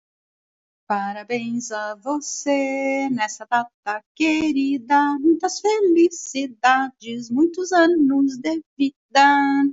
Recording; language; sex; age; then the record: short text; Brazilian Portuguese; female; 60 to 69 years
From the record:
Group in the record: control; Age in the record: 64 years